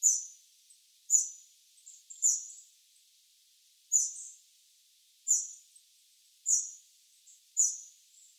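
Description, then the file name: Eurasian wren giving sharp, high ticking call notes, seven in eight seconds at uneven intervals, each a quick hard click with a short fading tail. "Troglodytes troglodytes"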